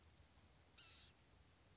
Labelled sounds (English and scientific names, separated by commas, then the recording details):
Blue-gray Gnatcatcher (Polioptila caerulea)
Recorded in Sonoma County, California